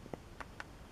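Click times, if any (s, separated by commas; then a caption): 0.6 s. A small plastic bipod is pressed onto its two lugs on a toy blaster and snaps into place with a satisfying click at 0.6 s. Fainter taps come earlier at about 0.1 s and 0.4 s, and there is no speech.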